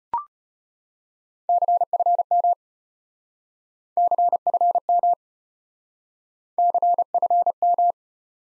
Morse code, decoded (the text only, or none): CFM CFM CFM